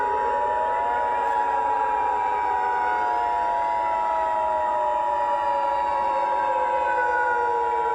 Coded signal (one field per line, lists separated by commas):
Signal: Emergency Alert System (SAME) tones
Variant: 853 and 960 Hz attention tone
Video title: EAS SCENARIO 7: Candle Queen Invasion